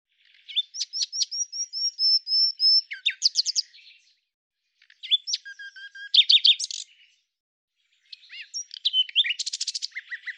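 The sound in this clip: Common nightingale song in three phrases: a long run of sharp repeated piping notes, a buzzy trilling section, then a rapid rattling flourish, with no other sounds.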